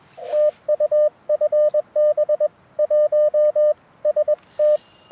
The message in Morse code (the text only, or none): TU FB 1ST